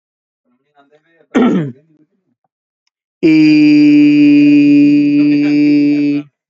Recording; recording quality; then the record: sustained vowel as in beet; excellent, no background noise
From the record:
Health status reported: healthy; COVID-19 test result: not tested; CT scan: not taken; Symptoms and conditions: none ticked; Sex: male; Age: 35 years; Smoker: no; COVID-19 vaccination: both doses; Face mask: not worn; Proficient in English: yes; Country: India